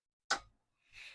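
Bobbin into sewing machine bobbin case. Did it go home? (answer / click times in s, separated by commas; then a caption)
yes / 0.3 s. A bobbin is pushed into the mechanical bobbin case of a Juki sewing machine and snaps into place with a sharp click at 0.3 s. The click fades out quickly, and after a short silence a soft, broadband rustle follows. The bobbin is seated, since it has to click or it is not sitting right.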